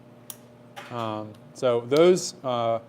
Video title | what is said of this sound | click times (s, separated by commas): Live Q&A | So when I kick it up, it has the most satisfying little click, ball detent and spring. | 0.3 s